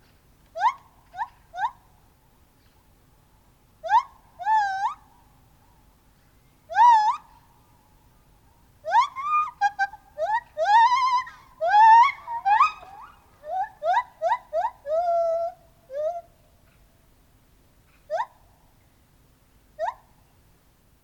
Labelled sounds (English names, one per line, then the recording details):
Lar Gibbon
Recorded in captivity
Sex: male
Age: adult
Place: Tierpark Berlin, Berlin, DE
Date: 1983-10-01
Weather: sonnig, ca 3 °C, leichter Wind
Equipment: Nagra SN, Kopie Uher 4000 Report Monitor
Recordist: Tembrock, Günter